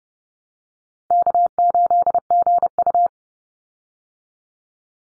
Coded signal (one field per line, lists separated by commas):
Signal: Morse code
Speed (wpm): 30 wpm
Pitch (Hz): 700 Hz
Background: none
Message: K8GU